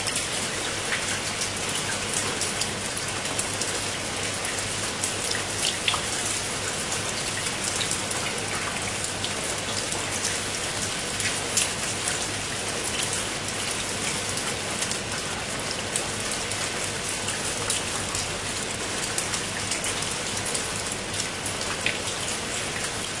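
Spring rain falls steadily and densely, a bright hiss of countless drops pattering on a surface, with a faint low hum underneath.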